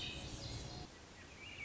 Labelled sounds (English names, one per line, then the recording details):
Swainson's Thrush
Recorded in Sonoma County, California